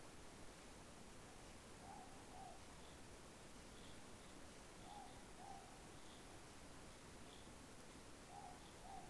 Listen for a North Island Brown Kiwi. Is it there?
no